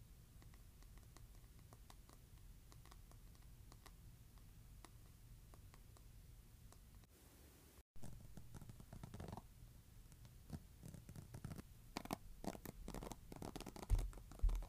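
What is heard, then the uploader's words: Brush bristles flick and scratch, with a low hum underneath. The first half is soft, with sparse light ticks; after a brief silent break near eight seconds, the strokes grow louder, brighter and denser, peaking just before the end. ASMR Brush Bristles.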